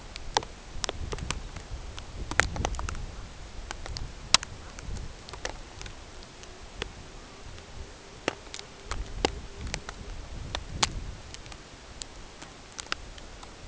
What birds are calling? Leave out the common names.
Calidris melanotos